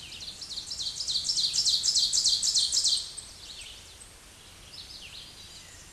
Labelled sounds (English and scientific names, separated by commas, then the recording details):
Ovenbird (Seiurus aurocapilla) song
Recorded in a Pennsylvania forest on 16 May 2024 at 07:59
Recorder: AudioMoth, point MSD-0475
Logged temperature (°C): 12.3 °C
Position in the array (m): 149 m, 2 m